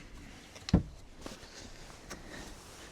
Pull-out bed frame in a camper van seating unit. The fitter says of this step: And then of course, so you've got your bed system that pulls out, that locks into place.